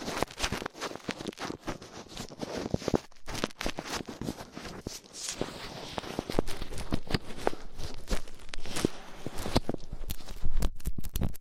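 Ear cleaning with latex gloves, a dental pick and cotton swabs makes a dense, unbroken run of crackling, scratching and rubbing. Sharp clicks and pops land irregularly throughout, growing a little louder and busier after about ten seconds.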